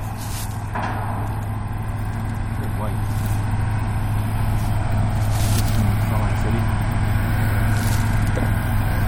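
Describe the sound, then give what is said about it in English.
A truck filled up with salt pulls away with a deep, steady engine rumble and low droning hum that swells slightly, broken by a few short bursts of brake-like hiss. “Oh, yeah, there goes a truck pulling away, filled up with salt.”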